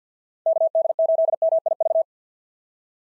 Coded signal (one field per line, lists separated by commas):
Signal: Morse code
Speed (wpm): 50 wpm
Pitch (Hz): 650 Hz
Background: none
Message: KD8MIV